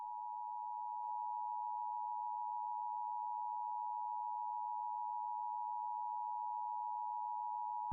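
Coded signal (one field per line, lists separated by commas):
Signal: Emergency Alert System (SAME) tones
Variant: 853 and 960 Hz attention tone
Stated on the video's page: Fictional EAS scenario.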